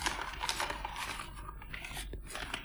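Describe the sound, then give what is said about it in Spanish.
Paper rustles and crinkles as a package clumsily wrapped in newspaper sheets is unwrapped and a thick notebook manuscript is pulled out, a steady run of crackling, scraping bursts with no voices. “Y de entre las hojas de periódico saqué el manuscrito.”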